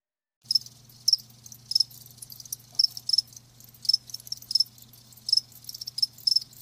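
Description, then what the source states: Crickets chirping after a brief silent start, high pulsed chirps in repeated bursts over a steady low hum. Live crickets, presented as a sleep sound.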